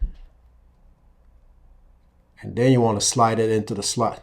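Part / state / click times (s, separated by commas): watch band spring bar into smartwatch lug slot / not seated / none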